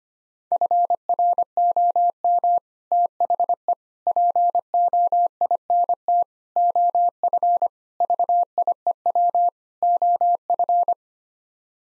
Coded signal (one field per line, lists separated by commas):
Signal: Morse code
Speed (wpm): 25 wpm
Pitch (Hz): 700 Hz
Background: none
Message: FROM THE POINT OF VIEW OF